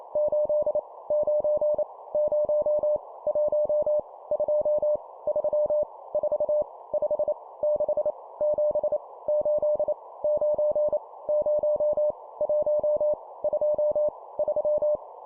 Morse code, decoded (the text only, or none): 8 9 0 1 2 3 4 5 6 7 8 9 0 1 2 3